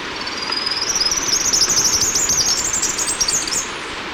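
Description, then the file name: Three-striped warbler giving a rapid, high chattering run of thin notes that gradually climbs over about three seconds, then stops; steady background hiss. "Basileuterus tristriatus - Three-striped Warbler"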